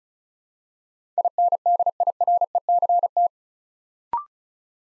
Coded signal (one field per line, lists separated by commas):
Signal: Morse code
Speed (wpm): 36 wpm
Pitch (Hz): 700 Hz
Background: none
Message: INDIRECT